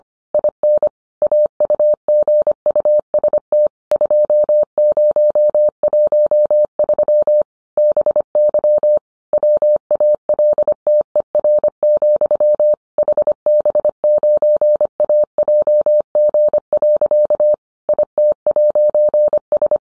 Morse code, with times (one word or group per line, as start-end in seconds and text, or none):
0.3-0.9 IN
1.2-3.7 AUGUST
3.9-7.4 2013
7.8-9.0 BY
9.3-12.7 WALTER,
13.0-17.5 HB9AJG.
17.9-19.8 IT'S